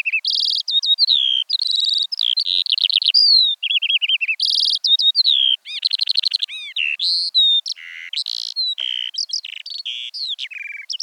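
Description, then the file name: Eurasian skylark song, an unbroken high rush of chirps, buzzy trills and slurred whistles changing every second or so, with no pauses. "veldleeuwerik"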